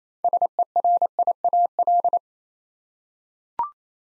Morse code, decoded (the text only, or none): SERIAL